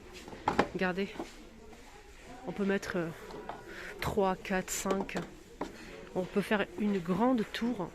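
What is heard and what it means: A bamboo storage bin is fitted onto a second bamboo bin so the two interlock, with two sharp knocks at 0.5 s and 0.6 s as it seats. Someone then talks for the rest of the clip.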